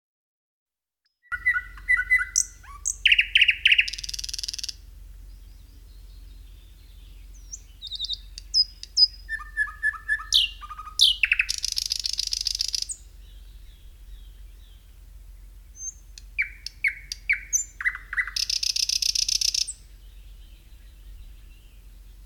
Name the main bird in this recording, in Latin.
Luscinia luscinia